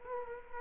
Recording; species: mosquito wingbeat signal from an infrared sensor; Culex quinquefasciatus